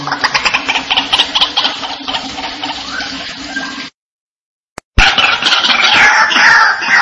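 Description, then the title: White-breasted waterhen giving harsh repeated croaks, broken by a short silent gap, then continuing. "Panggilan Burung Ruak Ruak"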